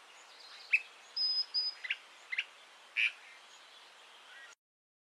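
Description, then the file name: Swallow-winged puffbird song: several short, squeaky high notes spaced irregularly over a steady hiss. "canto do urubuzinho"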